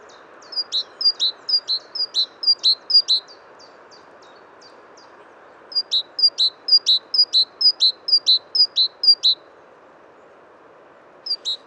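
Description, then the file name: Great tit calling in rapid runs of high, sharply descending two-part notes, two long bursts with a gap between and a short burst at the end. "Parus major"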